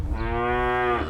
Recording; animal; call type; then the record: contact call of a hoofed animal; cattle; low-frequency (closed-mouth) or high-frequency (open-mouth) call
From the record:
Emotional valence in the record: negative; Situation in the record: full separation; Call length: 1.09 s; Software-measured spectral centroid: 1400 Hz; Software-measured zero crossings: 1490 a second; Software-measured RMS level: -24 dBFS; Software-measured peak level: -12 dBFS